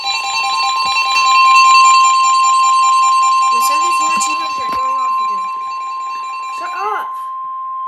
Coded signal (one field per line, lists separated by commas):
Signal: Emergency Alert System (SAME) tones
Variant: 1050 Hz attention tone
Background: speech, music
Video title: CHAOTIC WEATHER I... EAS Alerts from 4/30/22 (EAS #149 - #163)